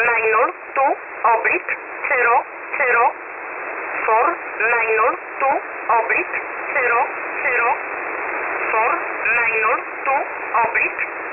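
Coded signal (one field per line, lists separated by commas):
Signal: numbers station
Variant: E11 Oblique, English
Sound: a voice reading short, evenly spaced words over steady shortwave hiss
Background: radio static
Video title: 28 08 2021 Number station E11 Oblique in English to Eu 0730 on 7377 unknown tx site in USB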